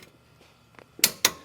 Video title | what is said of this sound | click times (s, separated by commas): No More ABS Light On on This Ford Ranger - PART 2 - Meet Our New Team Member ( it's Fixed ) | right there. I hope you can hear the torque wrench click. | 1.0 s, 1.2 s